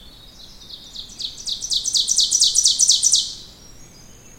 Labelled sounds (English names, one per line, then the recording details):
Ovenbird song
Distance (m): 10 m
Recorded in boreal forest in Alberta, Canada, on 16 June 2016 at 06:28
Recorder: SongMeter 3, array SBT-3-32
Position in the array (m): 183 m, 45 m
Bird 36